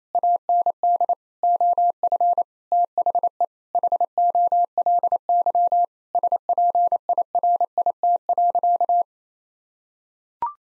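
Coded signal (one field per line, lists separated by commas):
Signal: Morse code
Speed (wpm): 27 wpm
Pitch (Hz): 700 Hz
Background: none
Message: AND OF THE HOLY SPIRIT.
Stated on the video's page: Head-copy practice of sentences with common nine-word phrases at 28 wpm.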